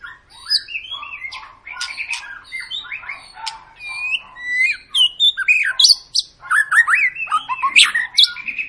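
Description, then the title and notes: White-rumped shama pouring out a dense, continuous stream of whistled, twisting and chattering notes with few gaps. Long lure song played to make other birds sing. "Pancingan Murai Batu Gacor Panjang. muraiku"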